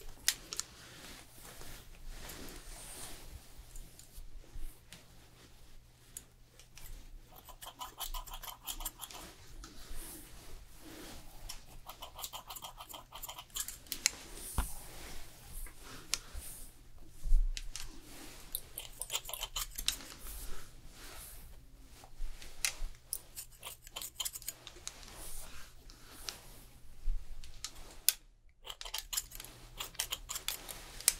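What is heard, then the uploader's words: A fast haircut and hair styling, with quick, dense bursts of scissor snipping that come in clusters throughout. A steady low hum runs underneath, and a brief louder knock lands around seventeen seconds, followed by a short silent gap near twenty-eight seconds. ASMR Professional Fast Haircut & Hair Styling No Talking.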